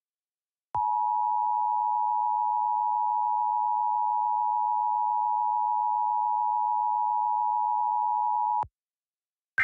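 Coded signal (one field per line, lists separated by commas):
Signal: Emergency Alert System (SAME) tones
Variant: 853 and 960 Hz attention tone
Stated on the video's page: Fictional EAS scenario.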